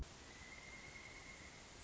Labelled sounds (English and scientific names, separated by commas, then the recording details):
Pileated Woodpecker (Dryocopus pileatus)
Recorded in Sonoma County, California